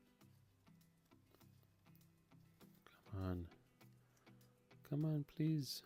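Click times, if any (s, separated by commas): none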